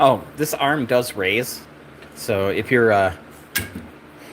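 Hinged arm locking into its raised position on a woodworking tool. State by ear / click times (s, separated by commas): seated / 3.6 s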